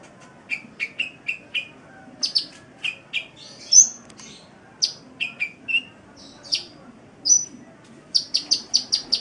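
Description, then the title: Oriental magpie-robin song: spaced single notes at varied pitches, some whistled slurs, ending in a quick run of repeated sharp notes. "Kicau Kacer"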